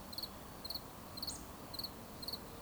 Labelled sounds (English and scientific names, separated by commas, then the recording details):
Eurasian Woodcock (Scolopax rusticola) whistle
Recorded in Baden-Württemberg, Germany, on 11 June 2020 at 19:57 UTC
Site 24578, 122 m above sea level